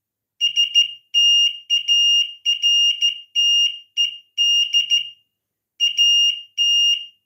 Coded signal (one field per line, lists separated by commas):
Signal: Morse code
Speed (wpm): 14 wpm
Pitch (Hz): 2850 Hz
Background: none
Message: STARTED AT